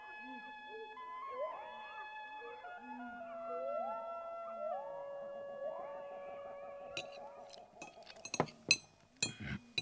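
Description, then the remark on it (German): Glasses clink together in a toast, a quick flurry of sharp, bright taps in the last few seconds, following a stretch of sustained, gliding tones. “so wollen wir das Glas erheben auf Sir Peer Gynt, den großen Räder”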